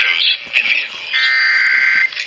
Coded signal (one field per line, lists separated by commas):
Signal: Emergency Alert System (SAME) tones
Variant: header bursts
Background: speech